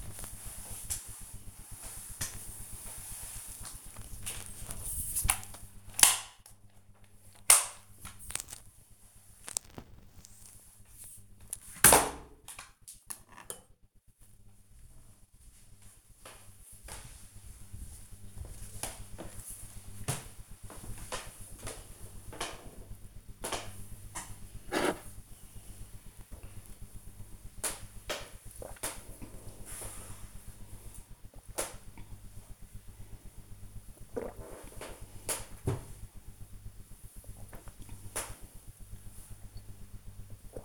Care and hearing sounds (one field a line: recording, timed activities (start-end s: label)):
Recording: household activities, microphone on the right wrist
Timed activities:
0.00-11.53 s: floor cleaning
22.59-40.65 s: drinking